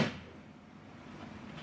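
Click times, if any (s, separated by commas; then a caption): none. A modified tailgate latch rod on a utility vehicle bed is pushed into position with a little force. A short knock at the very start fades into low, steady handling noise. Nothing has clicked or locked in place yet.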